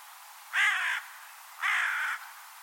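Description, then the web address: Bird giving two harsh, buzzy caws about a second apart, each roughly half a second long, over a steady faint hiss. "cianscape birddata Deverinetal 2025 File origin Bird Only Co Co Co Co"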